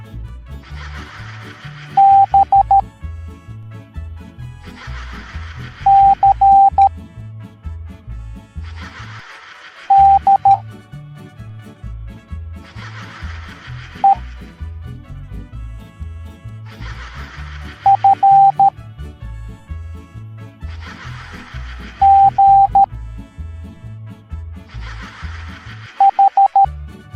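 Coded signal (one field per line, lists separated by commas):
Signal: Morse code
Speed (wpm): 13 wpm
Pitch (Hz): 790 Hz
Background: music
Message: B C D E F G H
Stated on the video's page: Morse code alphabet lesson for kids in an animated cartoon.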